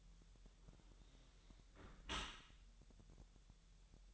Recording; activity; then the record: daily activity, microphone in the room; close dishwasher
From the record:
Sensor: 3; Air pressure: 1000.7 hPa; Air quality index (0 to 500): 248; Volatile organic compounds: 173 ppm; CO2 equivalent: 4116 ppm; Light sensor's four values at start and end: 11/26/11/10 and 11/26/11/10